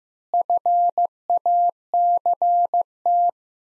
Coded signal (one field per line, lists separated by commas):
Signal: Morse code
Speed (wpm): 15 wpm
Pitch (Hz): 700 Hz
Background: none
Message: FACT